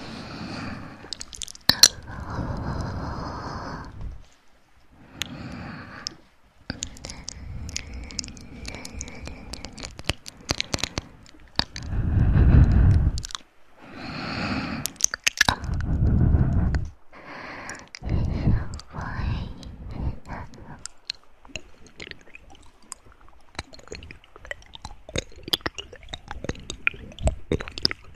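Close-up mouth sounds of chewing and soft wet clicks come in bursts, with heavier low rustling swells around 12 and 16 seconds and scattered ticks after.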